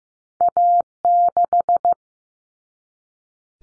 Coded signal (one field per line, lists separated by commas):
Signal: Morse code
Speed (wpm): 15 wpm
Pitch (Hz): 700 Hz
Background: none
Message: A6